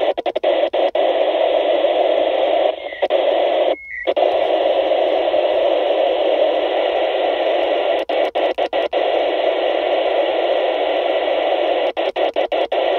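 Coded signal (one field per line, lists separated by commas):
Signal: modem data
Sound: continuous harsh data hiss broken by brief dropouts and one short tone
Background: radio static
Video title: 169.500 MHz IFLOWS VHF Datalink Radio Backbone Data Packet Radio Bursts - VHF Radio Sensor Network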